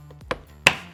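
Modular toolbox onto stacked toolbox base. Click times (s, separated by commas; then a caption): 0.3 s, 0.7 s. A HiKOKI Cruiser plastic modular toolbox is lowered onto the toolbox unit below it, and its latches clip into place without a big bang. Two sharp clicks are heard at 0.3 s and 0.7 s, the second louder with a short ringing tail. The box ends up seated on the stack.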